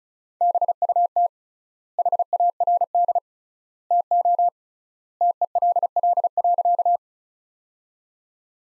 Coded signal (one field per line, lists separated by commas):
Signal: Morse code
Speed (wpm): 36 wpm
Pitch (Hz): 700 Hz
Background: none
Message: BUT HARD TO TELL.